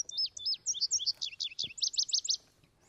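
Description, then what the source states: Indigo Bunting singing a quick, cheerful phrase of high paired notes that rise and fall, ending in a faster bubbly run. Song of paired notes, each pair an up-and-down warble; described as cheerful and bubbly.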